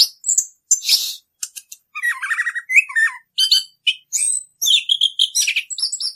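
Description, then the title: Orange-headed thrush song of quick mixed notes: harsh bursts, a rattling trill, then clear wavering whistles in rapid succession. Rolling song style (ngerol), used as a master recording (masteran) for training caged birds. "Anis Kembang 9. suara anis kembang ngerol"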